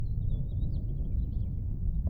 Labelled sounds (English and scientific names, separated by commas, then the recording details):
House Finch (Haemorhous mexicanus) song
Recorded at Atlantic Beach West on Long Island, New York, on 2 June 1975
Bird B